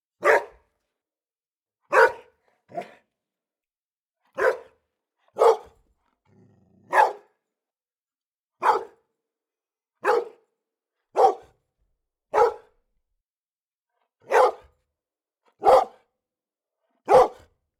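Dog barking, about thirteen sharp single barks spaced one to two seconds apart, with quiet gaps between them.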